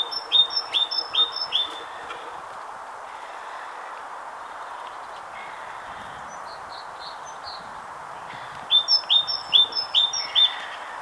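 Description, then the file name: Great tit repeating its high-low two-note phrase in a short run, then quieter scattered high notes, then another run of ringing phrases near the end. "Parus major"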